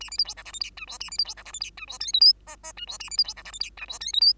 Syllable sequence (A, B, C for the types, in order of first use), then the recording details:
A B C D E F G H I J A B C D E F G H I J K L M N N I J A B C D E F G H I J K L M. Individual Bird2